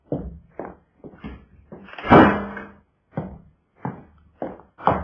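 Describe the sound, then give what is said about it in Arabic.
The door of a manager's office swings closed with a heavy, resonant thud, surrounded by several shorter wooden bumps and knocks at an uneven rhythm; no one speaks. “طب اهدى شوية واقفل الباب.”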